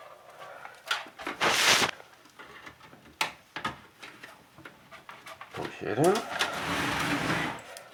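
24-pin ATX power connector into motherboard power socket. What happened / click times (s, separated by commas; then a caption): The large power connector clicked into its socket / 3.2 s. The largest power supply cable, a 24-pin plastic ATX power connector, is pushed into the motherboard power socket while someone talks. Soft handling noises lead up to a sharp click at 3.2 s as the latch catches, and the connector is seated.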